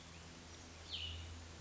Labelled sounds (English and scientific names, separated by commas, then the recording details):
Cassin's Vireo (Vireo cassinii)
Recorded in Sonoma County, California